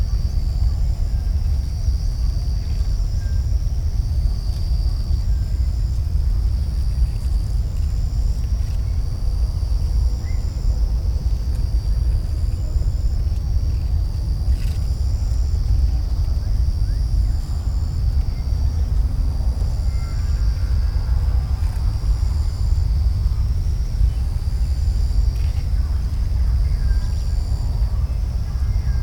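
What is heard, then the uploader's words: Outdoors over a harvested field, insects keep up a steady high, thin drone, with faint regular chirps pulsing above it. Beneath, a constant deep rumble of distant machinery fills the low end, broken by occasional soft knocks around mid-clip and near the end. Harvested field. Bug drone. Distant construction.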